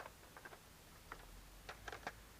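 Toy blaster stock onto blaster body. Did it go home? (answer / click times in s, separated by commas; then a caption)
no / none. A plastic Nerf Modulus StockShot toy stock, in its collapsed mode, is pushed against a blaster body to attach it. Several small plastic ticks are heard at about 0.1, 1.1, 1.7, 1.9 and 2.1 seconds. Nothing has seated or clicked yet: the stock does not lock onto the blaster while collapsed.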